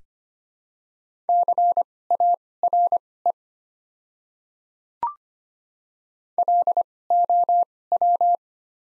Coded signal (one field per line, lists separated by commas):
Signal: Morse code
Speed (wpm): 25 wpm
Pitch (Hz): 700 Hz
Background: none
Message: CARE LOW